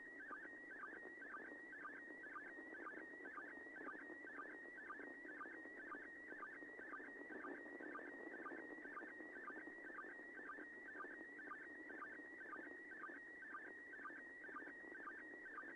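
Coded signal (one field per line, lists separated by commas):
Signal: SSTV (slow-scan television)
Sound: warbling, chirping tone between mid and high pitch with steady rhythmic ticks about twice a second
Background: radio static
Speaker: 1344 UTC there were 944 in every local time the signal it triggers the RX s STD application well into the second pass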